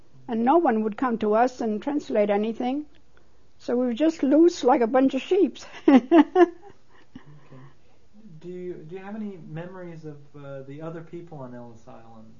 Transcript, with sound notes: and no one would come to us and translate anything so we were just loose like bunch of sheep. (She laughs.)
Okay. Do you have any memories of the other people on Ellis Island?